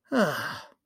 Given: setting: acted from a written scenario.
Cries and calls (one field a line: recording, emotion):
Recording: vocal sound without words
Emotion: disappointment